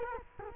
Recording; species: mosquito wingbeat signal from an infrared sensor; Culex quinquefasciatus